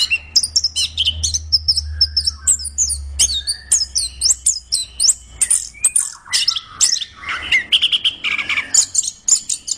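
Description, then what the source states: Orange-headed thrush pouring out a fast, chattering song of high twitters, trills and slurred whistles, with a faint low hum beneath in the first part. Described as 'gacor', singing vigorously and continuously.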